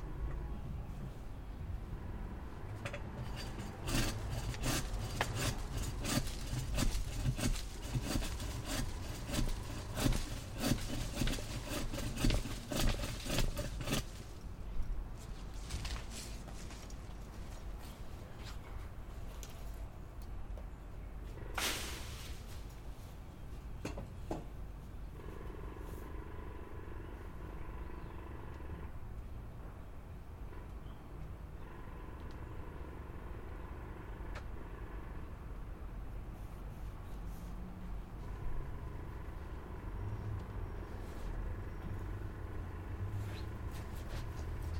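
Cutting down small apple trees in a backyard: dense, rapid crackling and scraping fills the first fourteen seconds, then eases off. A single sharp crack lands around twenty-one seconds, and afterward a steady low rumble with a faint hum carries on to the end.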